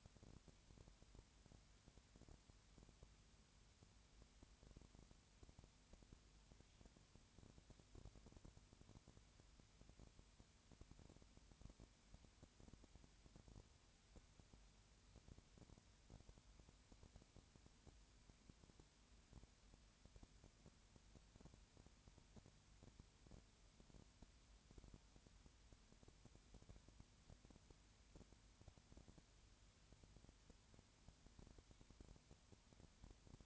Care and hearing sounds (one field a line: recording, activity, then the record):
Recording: daily activity, microphone in the room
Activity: no activity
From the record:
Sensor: 2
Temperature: 20.4 degrees Celsius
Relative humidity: 35.5%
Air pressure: 1007.1 hPa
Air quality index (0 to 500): 122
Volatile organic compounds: 2 ppm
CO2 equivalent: 1258 ppm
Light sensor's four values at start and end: 2/3/2/2 and 2/3/2/2